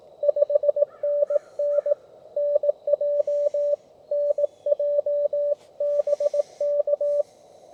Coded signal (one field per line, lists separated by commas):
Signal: Morse code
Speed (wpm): 17 wpm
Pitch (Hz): 580 Hz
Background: radio noise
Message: 5NN NJ NJ BK